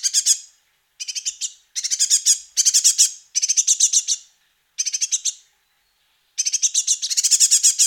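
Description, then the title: Great tit chicks calling in quick clusters of shrill, scratchy chirps, several bursts in eight seconds, the last one longer and denser. "Sylvain Jaskowiak - Mes piafs. Mésange charbonnière - Poussins"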